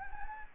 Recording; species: mosquito wingbeat signal from an infrared sensor; Anopheles gambiae